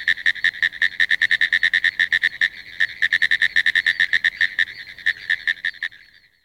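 Pine woods treefrog giving a rapid series of sharp, tapping notes for about six seconds, with a brief pause early on, then stopping.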